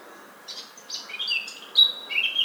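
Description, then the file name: Eurasian blackcap song snippet: a few scratchy notes followed by brighter, fluty whistles at the end. "Sylvia atricapilla"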